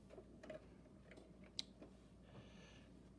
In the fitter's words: point there and a tiny little click.